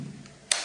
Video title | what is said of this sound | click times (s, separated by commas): Test Asus Eee Pad Transformer Prime | voilà donc ça c'est clipsé donc | 0.5 s